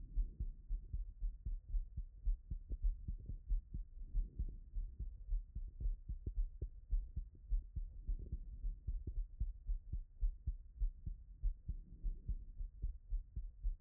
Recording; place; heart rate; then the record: heart sounds by stethoscope; Erb's point; 105 bpm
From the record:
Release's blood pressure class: elevated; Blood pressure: 126/77 mmHg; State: after exercise